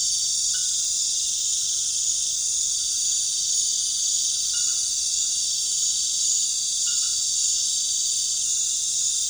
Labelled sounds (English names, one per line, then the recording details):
none
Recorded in pastures near Puerto Asís, Putumayo, Colombia, on 23 June 2025 at 19:00
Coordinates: 0.466, -76.322
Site GP07